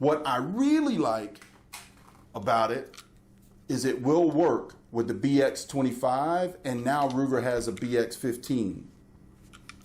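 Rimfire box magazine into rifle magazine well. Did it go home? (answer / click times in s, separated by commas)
yes / 9.6 s, 9.7 s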